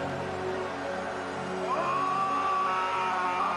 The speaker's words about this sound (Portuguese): Agora sim. Um grito de raiva, e um grito agora de medo.